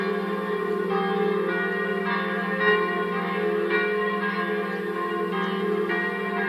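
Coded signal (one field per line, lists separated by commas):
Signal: bell signal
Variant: Italian distesa, three bells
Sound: several large church bells swinging and ringing continuously in overlapping, rich, sustained peals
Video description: infine per un funerale distesa delle tre minori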